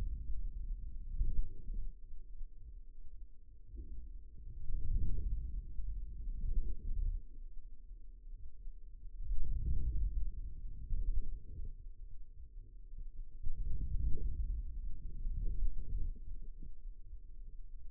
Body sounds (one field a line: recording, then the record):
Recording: forearm muscle sounds (acoustic myography)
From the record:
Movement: outward rotation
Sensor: system 2, bracelet of six BSWA MPA416 microphones around the upper forearm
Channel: 4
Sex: male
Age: 22 years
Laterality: right